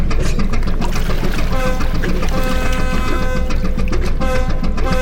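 A boat engine drones steadily on the water, a loud, continuous rumble mixed with rushing, splashing wash, with a faint tonal whine rising through the middle stretch.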